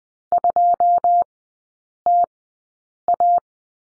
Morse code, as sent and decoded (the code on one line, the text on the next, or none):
..--- - .-
2TA